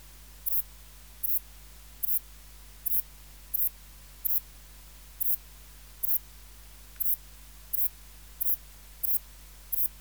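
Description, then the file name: Saddle-backed bush-cricket singing: thirteen short, hissing high-pitched chirps spaced fairly evenly, under a second apart, with a constant low hum beneath. "Ephippiger cruciger"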